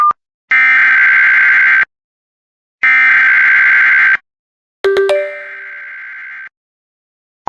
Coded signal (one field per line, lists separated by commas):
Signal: Emergency Alert System (SAME) tones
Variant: header bursts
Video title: Oklahoma amber alert for a endangered 15 year old EAS #54